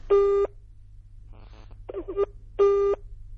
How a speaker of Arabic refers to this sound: فصل، قاعد يرن لغاية ما انتهى الوقت وفصل.